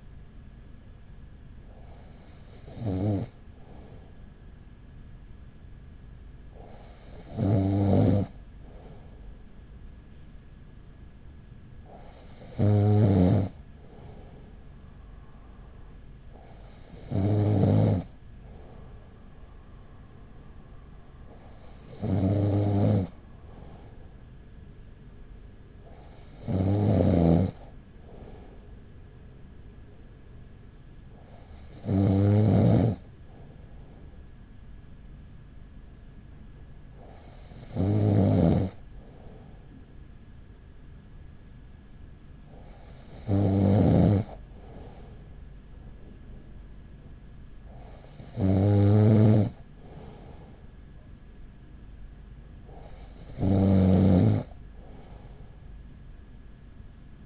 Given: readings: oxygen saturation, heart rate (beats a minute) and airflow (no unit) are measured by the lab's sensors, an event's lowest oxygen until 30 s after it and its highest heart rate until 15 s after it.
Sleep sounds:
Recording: breathing in sleep by a smartphone at the bedside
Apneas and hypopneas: none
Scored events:
none scored
From the record:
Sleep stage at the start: N2 (light sleep)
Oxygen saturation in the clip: 94 to 96%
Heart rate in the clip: 38 to 42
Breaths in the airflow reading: 11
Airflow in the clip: -5.5 to 4.4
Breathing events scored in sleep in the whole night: 207 in 7.6 hours asleep

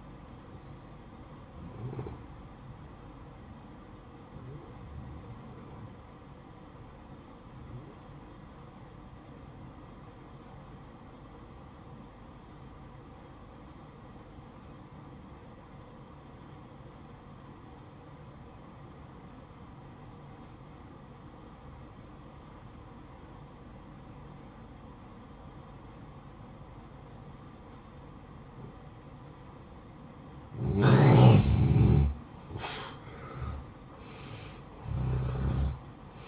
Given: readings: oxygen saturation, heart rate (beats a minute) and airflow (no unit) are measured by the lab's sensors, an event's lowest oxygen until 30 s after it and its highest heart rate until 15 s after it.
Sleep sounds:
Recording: breathing in sleep by a smartphone at the bedside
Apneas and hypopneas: 1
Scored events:
3.00-31.70 s: obstructive apnea (N1, oxygen 94% highest, then 87% lowest, heart rate 58 at the start, 70 highest)
From the record:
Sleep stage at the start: N1 (lightest sleep)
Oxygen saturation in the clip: 86 to 94%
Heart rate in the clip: 55 to 67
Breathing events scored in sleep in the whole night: 573 in 9.8 hours asleep

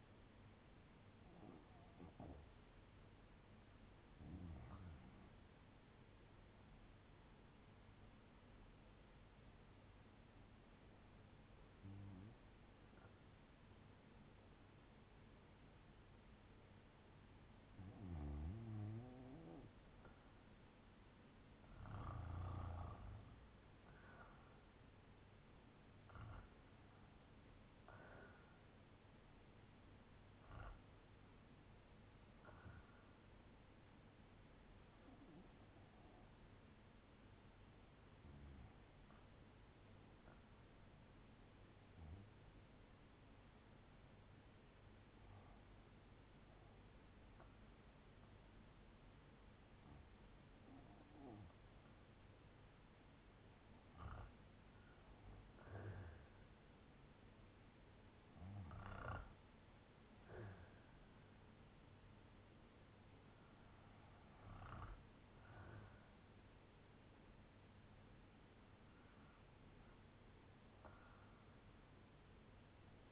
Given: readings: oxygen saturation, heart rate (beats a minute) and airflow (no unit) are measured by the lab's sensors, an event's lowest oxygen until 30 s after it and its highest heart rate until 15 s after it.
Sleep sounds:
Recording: breathing in sleep by a voice recorder at the bedside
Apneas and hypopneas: 1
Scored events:
9.00-29.00 s: hypopnea (REM, oxygen 88% highest, then 81% lowest, heart rate 75 at the start, 80 highest)
From the record:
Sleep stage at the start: REM sleep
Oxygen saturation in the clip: 81 to 94%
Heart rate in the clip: 70 to 80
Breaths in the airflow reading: 18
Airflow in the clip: -5.4 to 5.9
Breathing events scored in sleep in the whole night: 182 in 7.4 hours asleep

